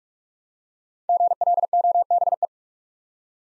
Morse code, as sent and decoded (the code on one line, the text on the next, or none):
--. .-.. --- -... .
GLOBE